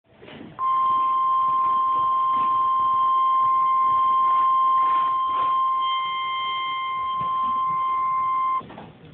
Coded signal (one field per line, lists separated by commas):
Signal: Emergency Alert System (SAME) tones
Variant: 1050 Hz attention tone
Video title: emergency alert system thing keep your life and danger and keep your love survive this is how you m